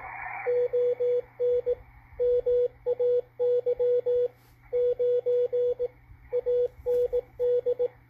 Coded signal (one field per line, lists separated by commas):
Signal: Morse code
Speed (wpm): 20 wpm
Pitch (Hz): 490 Hz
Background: radio noise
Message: ON MAY 9 AND